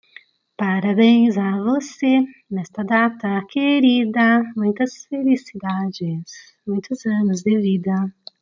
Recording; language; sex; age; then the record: short text; Brazilian Portuguese; female; 50 to 59 years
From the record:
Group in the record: control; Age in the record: 50 years